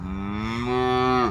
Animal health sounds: contact call of a hoofed animal; cattle; low-frequency (closed-mouth) or high-frequency (open-mouth) call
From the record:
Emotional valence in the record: negative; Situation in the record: full separation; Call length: 1.31 s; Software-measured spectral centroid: 1600 Hz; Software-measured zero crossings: 1290 a second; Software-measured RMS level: -24 dBFS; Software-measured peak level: -9 dBFS

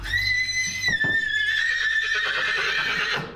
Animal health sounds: contact call of a hoofed animal; horse; whinny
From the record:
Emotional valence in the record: negative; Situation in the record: separation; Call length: 3.4 s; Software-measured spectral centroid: 2900 Hz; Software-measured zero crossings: 4340 a second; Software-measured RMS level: -24 dBFS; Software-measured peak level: -12 dBFS

